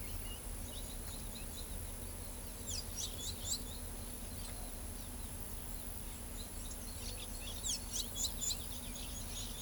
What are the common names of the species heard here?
Carib Grackle